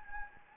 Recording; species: mosquito wingbeat signal from an infrared sensor; Anopheles gambiae